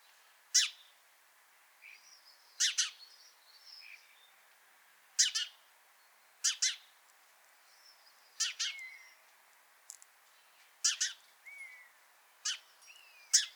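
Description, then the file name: House sparrow giving harsh, doubled chirps every two to three seconds, with soft, thin whistled notes heard faintly between the bursts. "Passer domesticus"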